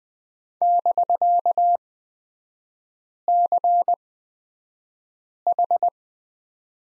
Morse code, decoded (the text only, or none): <BK>CH